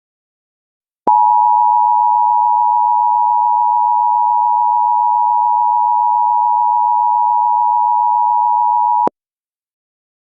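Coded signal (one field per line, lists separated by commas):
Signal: Emergency Alert System (SAME) tones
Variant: 853 and 960 Hz attention tone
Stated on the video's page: Fake EAS California earthquake warning with valid tones; no warning was actually issued.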